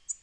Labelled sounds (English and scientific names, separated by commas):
Black-throated Green Warbler (Setophaga virens) flight call